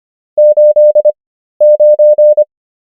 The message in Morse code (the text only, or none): 89